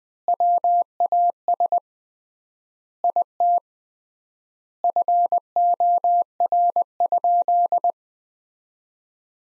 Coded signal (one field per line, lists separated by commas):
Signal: Morse code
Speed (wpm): 21 wpm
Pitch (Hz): 700 Hz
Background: none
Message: WAS IT FOR?